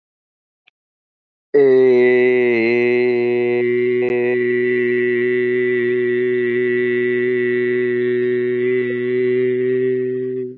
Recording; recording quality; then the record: sustained vowel as in made; excellent, no background noise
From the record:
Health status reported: healthy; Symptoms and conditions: cough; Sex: male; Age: 20 years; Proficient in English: yes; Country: India